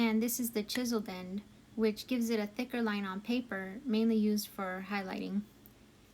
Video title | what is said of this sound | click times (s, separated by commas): Mildliner Highlighter Review, Color Tricks and Swatch Mixes | these highlighter caps have a nice click sound so you can make sure they are properly closed and won't dry out | 5.7 s